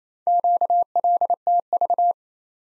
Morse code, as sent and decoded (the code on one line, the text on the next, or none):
--.- .-.. - ...-
QLTV